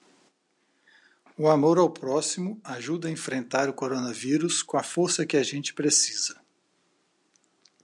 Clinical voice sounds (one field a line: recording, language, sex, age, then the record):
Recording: spoken sentence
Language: Brazilian Portuguese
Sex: male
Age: 60 to 69 years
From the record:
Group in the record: control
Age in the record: 63 years